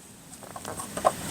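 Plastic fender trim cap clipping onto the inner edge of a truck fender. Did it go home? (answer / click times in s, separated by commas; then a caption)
no / none. A plastic fender trim cap is slid up and lined up with the inner edge of a 2020+ Chevy Silverado 2500/3500HD truck fender during a Rokblokz step-back mud flap and liner pull-back kit install. Soft plastic scraping and tapping build up, with a few sharper ticks near 0.6, 0.7 and 1.0 seconds and the loudest tap at 1.1 seconds. The cap is still being handled and has not clicked into place yet.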